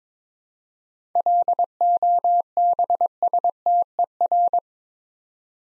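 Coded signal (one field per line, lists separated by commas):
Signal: Morse code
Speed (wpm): 22 wpm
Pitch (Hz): 700 Hz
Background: none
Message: LOBSTER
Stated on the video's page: Morse practice set of easy words at 22 wpm, using contextual hints (priming) before each word.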